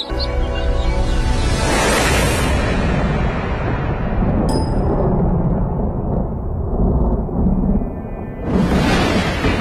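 A loud, sustained rumble of thunder rolls on for several seconds, deep and booming, with a hiss of rain and wind swelling over it near the end.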